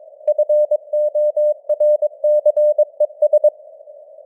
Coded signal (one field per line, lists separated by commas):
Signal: Morse code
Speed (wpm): 22 wpm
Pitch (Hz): 600 Hz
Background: none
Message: FORCES